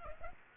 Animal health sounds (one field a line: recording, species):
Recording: mosquito wingbeat signal from an infrared sensor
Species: Aedes aegypti